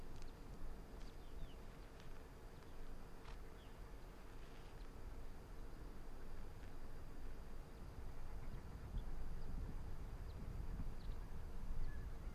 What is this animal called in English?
Arctic Fox